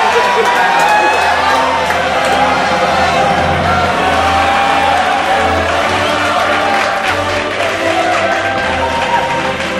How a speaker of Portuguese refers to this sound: Puta merda, aplausos!